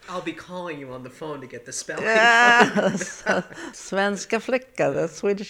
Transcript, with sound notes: I'll be calling you on the phone to get the spelling. (they laugh) Svenska flika is Swedish girl.